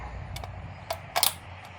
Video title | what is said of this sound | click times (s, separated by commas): VR-80 semi auto shotgun review #2 🫡 | Nice little click. | 1.2 s